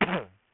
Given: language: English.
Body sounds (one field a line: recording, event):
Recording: throat vibration sensor signal played as sound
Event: cough